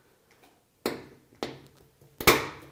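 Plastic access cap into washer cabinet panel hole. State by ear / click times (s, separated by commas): seated / 0.9 s, 1.4 s, 2.2 s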